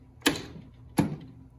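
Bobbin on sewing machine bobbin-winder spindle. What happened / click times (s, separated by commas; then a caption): The bobbin winder clicked into winding position / 0.3 s. A bobbin on a sewing machine's bobbin-winder spindle is pushed over into winding position and seats with a sharp click at 0.3 s. A second, quieter click follows at 1.0 s, and the bobbin winder is engaged in winding position.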